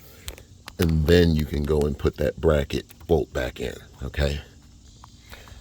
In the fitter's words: pull it down until it locks in place,